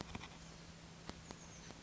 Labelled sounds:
Oak Titmouse (Baeolophus inornatus)
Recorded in Sonoma County, California

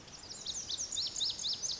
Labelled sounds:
Lazuli Bunting (Passerina amoena)
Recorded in Sonoma County, California

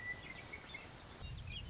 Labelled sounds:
Western Meadowlark (Sturnella neglecta)
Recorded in Sonoma County, California

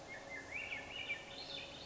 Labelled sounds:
Swainson's Thrush (Catharus ustulatus)
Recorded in Sonoma County, California

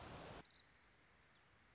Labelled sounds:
American Robin (Turdus migratorius)
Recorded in Sonoma County, California

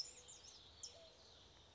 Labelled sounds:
California Towhee (Melozone crissalis)
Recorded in Sonoma County, California

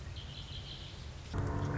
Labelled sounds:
Red-winged Blackbird (Agelaius phoeniceus)
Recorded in Sonoma County, California

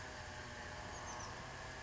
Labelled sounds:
Oak Titmouse (Baeolophus inornatus)
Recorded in Sonoma County, California

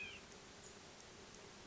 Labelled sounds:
White-breasted Nuthatch (Sitta carolinensis)
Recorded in Sonoma County, California

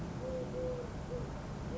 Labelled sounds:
Eurasian Collared Dove (Streptopelia decaocto)
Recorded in Sonoma County, California

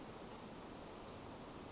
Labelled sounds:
Western Flycatcher (Empidonax difficilis)
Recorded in Sonoma County, California

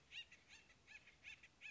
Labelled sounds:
Acorn Woodpecker (Melanerpes formicivorus)
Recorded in Sonoma County, California

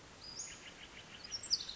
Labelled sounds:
Pacific Wren (Troglodytes pacificus)
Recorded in Sonoma County, California

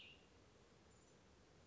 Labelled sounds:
Cassin's Vireo (Vireo cassinii)
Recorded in Sonoma County, California

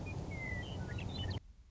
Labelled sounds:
Western Meadowlark (Sturnella neglecta)
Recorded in Sonoma County, California

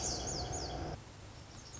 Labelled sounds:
Lazuli Bunting (Passerina amoena)
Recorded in Sonoma County, California

